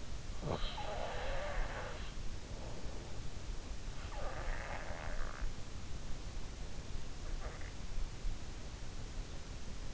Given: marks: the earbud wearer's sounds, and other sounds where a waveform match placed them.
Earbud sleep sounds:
sounds in sleep by an in-ear microphone; snoring breath
0.00-2.63 s: snoring breath
3.98-6.23 s: snoring breath

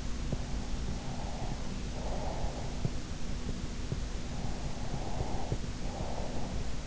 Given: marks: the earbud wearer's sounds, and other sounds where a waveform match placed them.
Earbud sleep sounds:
sounds in sleep by an in-ear microphone; breath
0.99-3.05 s: breath
4.62-6.87 s: breath

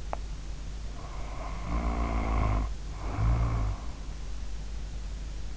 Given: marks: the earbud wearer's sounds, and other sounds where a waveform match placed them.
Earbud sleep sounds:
sounds in sleep by an in-ear microphone; teeth grinding, snoring breath
0.07-0.36 s: teeth grinding
0.97-3.85 s: snoring breath

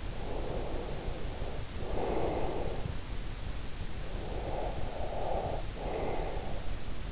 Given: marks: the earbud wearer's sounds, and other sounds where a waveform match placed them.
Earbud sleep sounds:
sounds in sleep by an in-ear microphone; breath
0.00-3.15 s: breath
3.92-6.79 s: breath

